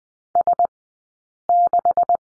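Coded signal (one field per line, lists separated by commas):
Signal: Morse code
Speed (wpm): 20 wpm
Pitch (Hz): 700 Hz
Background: none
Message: S6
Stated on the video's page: Morse code course lesson on letter P, Farnsworth speed 20/10 wpm.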